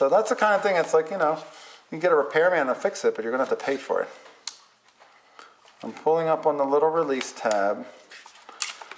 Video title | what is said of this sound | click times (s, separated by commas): Buying a Film SLR: NIKON FM | this one needs a little more work than some because that's still not latching | none